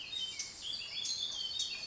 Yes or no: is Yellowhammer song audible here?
no